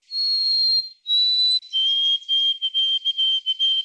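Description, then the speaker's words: White-throated Sparrow song: two long pure whistled notes, the second slightly lower, then a fast stuttered run of short clipped whistles on a steady lower pitch. Western dialect ending in a stuttered final 'Canada' phrase; first noticed in northern British Columbia in 2000, spreading eastwards; about half of Alberta birds sang it in 2004, all by 2014. "They were going, Canada, Canada, Canada, Canada. Almost like they were stuttering that last phrase."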